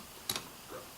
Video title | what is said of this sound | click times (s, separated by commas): Let's shoot the Kel Tec PMR30 | See how it clicked in? | 0.3 s